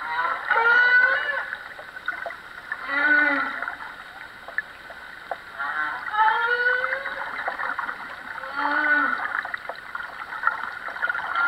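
Humpback whale song, a sequence of drawn-out moans, short upswept whoops and harmonic cries recurring in phrases every few seconds against constant underwater hiss.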